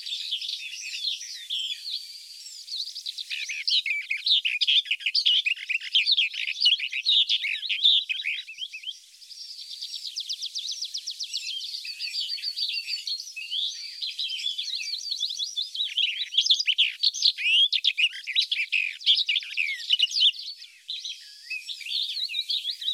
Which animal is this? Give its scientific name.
Sylvia nisoria